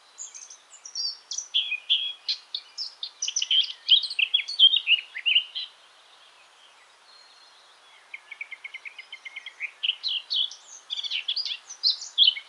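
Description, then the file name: Eurasian blackcap singing a long, varied warble, breaking off for two seconds, then a quick run of repeated notes leading back into bright warbling. "Sylvia atricapilla"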